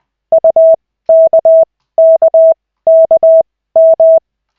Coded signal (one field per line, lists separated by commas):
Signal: Morse code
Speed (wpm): 20 wpm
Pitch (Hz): 650 Hz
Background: none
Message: UKKKM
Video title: Koch 2/40, 13.12.2024, 1st CW practice session